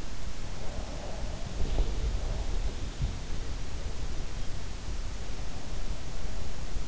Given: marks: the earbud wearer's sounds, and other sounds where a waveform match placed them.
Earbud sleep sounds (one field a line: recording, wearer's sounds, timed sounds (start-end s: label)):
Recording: sounds in sleep by an in-ear microphone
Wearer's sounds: breath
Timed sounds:
0.57-3.28 s: breath